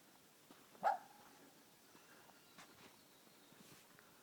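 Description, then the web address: Red fox giving a single short, harsh scream near the start, then quiet with faint scattered clicks and rustles. Fox screaming throughout the forest. "lis krzyczy na caly las"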